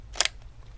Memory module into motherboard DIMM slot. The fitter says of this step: and you hear the click.